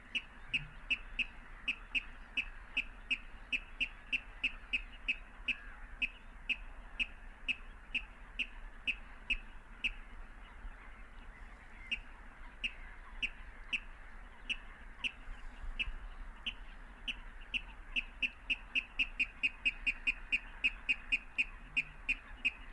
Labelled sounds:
Water Rail (Rallus aquaticus) song

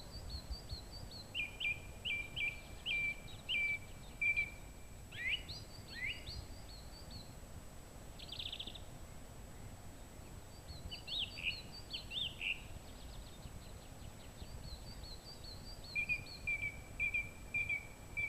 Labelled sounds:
Song Thrush (Turdus philomelos) song

